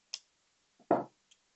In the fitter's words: देखिए अब यह डॉग यहां पर लॉक हो गया